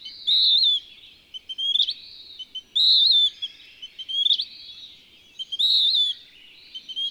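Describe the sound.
Bird song: three long, clear, high whistles with a slight quaver, separated by short chattering phrases with an abrupt upward squeak.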